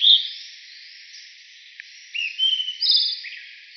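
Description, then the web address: Narcissus flycatcher singing clear whistled notes, a bright opening note, then level and slurred whistles joining into a rich phrase near the end. Recorded 11 April 2018. "birdenaga kibitaki"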